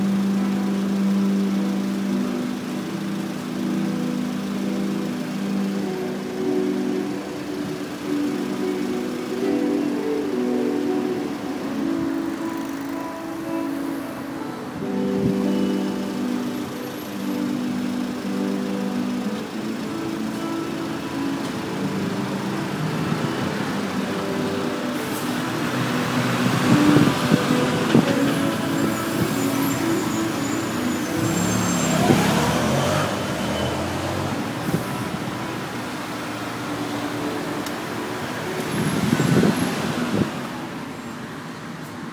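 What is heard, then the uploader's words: A truck idles with a low, steady rumble in traffic, its engine drone holding throughout. Sustained tones above it could be electric guitar drifting in. Around 25 to 40 seconds, passing vehicles and street noise swell louder before easing off near the end. Waiting in traffic at Oberbaumbrücke. The rumble of a rental truck on a hot afternoon is mellowed by the sounds of electric guitar drifting through the humid air.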